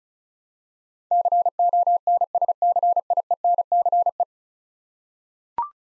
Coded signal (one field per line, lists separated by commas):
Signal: Morse code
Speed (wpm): 36 wpm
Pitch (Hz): 700 Hz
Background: none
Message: CONSCIENCE